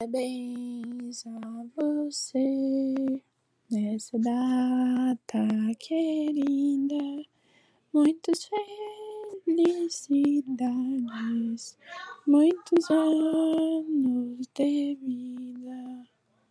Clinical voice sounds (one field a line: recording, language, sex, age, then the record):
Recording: short text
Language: Brazilian Portuguese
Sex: female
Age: 20 to 29 years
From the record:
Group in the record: control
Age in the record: 24 years